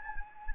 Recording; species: mosquito wingbeat signal from an infrared sensor; Anopheles gambiae